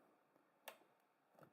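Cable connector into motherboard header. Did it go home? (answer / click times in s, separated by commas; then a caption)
yes / 0.7 s. An internal cable plug is pushed into a connector at the bottom of a motherboard and seats with a sharp, bright click at 0.7 seconds. A fainter, softer tick follows at about 1.4 seconds against a quiet background.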